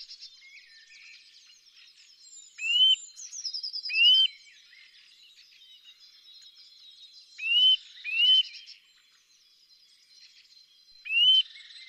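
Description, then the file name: Eurasian nuthatch calls, sharp rising whistles in ones and twos spread over several seconds, plus a brief rapid trill and background bird chatter. "Sitta europaea"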